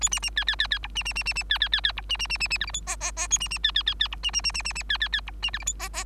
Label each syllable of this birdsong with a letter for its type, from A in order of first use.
A B B C C C C D B B B B B C C C C D B B B B B E F G H H H A B B C C C C D B B B B B B C C C D B E F G H H